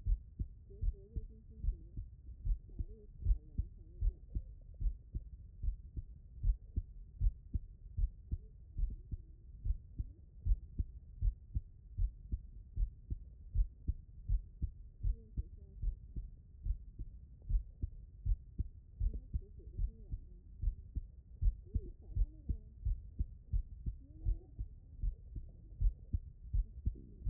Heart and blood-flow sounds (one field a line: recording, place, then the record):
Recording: heart sounds by stethoscope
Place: mitral valve (MV)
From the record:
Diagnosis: non-HFrEF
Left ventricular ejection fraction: 57%